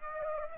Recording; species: mosquito wingbeat signal from an infrared sensor; Aedes aegypti